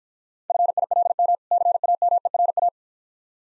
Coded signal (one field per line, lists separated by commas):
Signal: Morse code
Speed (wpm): 54 wpm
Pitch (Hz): 700 Hz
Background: none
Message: FILM CAMERA